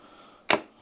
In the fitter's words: like say it clicks into place it's not falling off it's now wirelessly charging